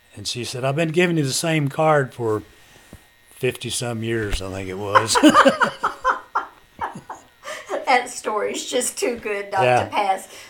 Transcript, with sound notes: And she said, "I've been giving you the same card for fifty-some years!" I think it was.
(Laughter) That story's just too good not to pass--
Yeah.